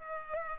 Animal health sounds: mosquito wingbeat signal from an infrared sensor; Culex pipiens

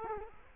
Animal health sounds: mosquito wingbeat signal from an infrared sensor; Culex quinquefasciatus

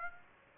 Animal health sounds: mosquito wingbeat signal from an infrared sensor; Aedes aegypti

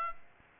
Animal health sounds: mosquito wingbeat signal from an infrared sensor; Aedes aegypti

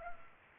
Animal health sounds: mosquito wingbeat signal from an infrared sensor; Culex pipiens

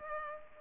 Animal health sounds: mosquito wingbeat signal from an infrared sensor; Culex pipiens

